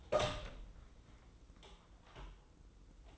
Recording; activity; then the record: daily activity, microphone in the room; open door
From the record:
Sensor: 3